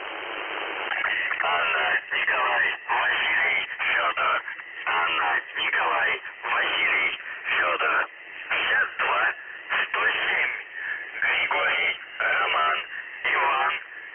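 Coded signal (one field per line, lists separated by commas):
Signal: numbers station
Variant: UVB-76, Russian voice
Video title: The Buzzer/UVB-76 Voice Message (November 25, 2020 10:08 UTC)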